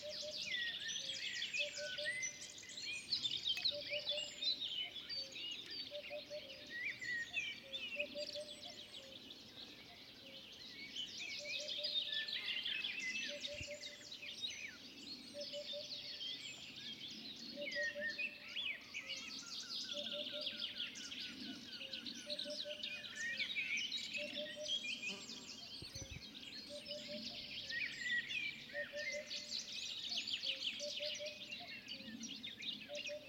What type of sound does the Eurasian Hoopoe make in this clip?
song